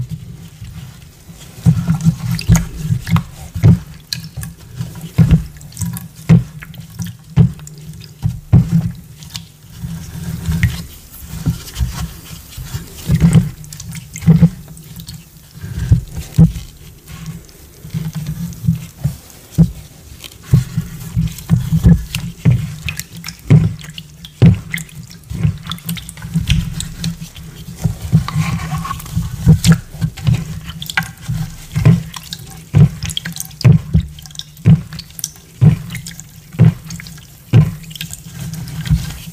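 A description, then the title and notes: Liquid is poured over chalk in a steady, wet trickle, with frequent soft splashes and drips, low, throughout. Pouring Dye Over Carved Gym Chalk Bombs.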